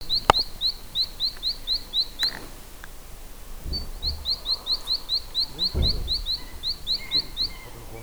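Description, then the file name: Great tit song, bright upward-sweeping notes repeated rapidly in two long runs, with a few sharp clicks and low rumbling noise. "Parus major"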